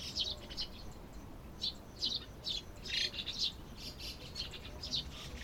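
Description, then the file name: White-cheeked starling calls, short harsh high chirps coming in quick bursts about twice a second, with brief gaps between groups. "mukudori"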